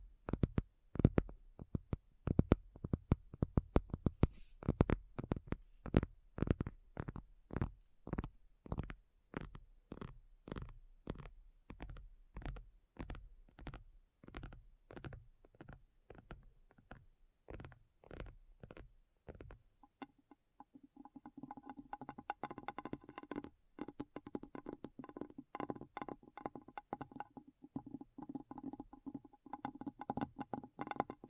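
ASMR tapping in quick, regular strokes for the first twenty seconds, each tap a sharp, full-bodied knock, gradually slowing and softening. After that the sound changes to a denser, brighter texture of scratchy, clicky taps with ringing tones that continue to the end.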